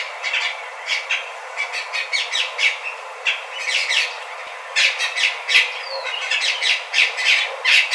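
Bird calls: harsh, rasping squawks and chattering notes repeated rapidly and almost continuously throughout, with short pauses between bursts.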